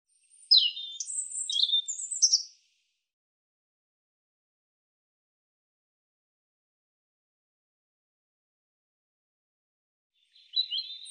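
European robin singing a thin, high warbled phrase of sweet trills and squeaky notes lasting about two seconds, then a long silence before another phrase begins.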